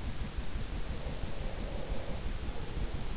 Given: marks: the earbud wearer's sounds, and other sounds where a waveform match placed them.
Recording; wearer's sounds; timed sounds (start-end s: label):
sounds in sleep by an in-ear microphone; breath
0.76-3.09 s: breath